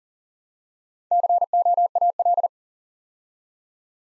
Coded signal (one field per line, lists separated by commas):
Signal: Morse code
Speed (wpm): 39 wpm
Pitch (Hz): 700 Hz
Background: none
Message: COAL